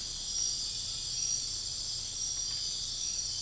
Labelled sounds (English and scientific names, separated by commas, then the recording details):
none
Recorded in dense forest near Puerto Asís, Putumayo, Colombia, on 13 March 2025 at 03:00
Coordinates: 0.484, -76.325
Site G045